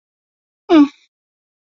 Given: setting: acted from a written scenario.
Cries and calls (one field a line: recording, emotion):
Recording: vocal sound without words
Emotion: neutral